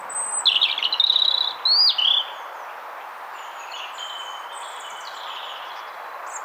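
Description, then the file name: European robin singing a high, thin phrase of sweet whistles and quick trills that slide up and down, followed by fainter scattered notes over steady background hiss. "Erithacus rubecula"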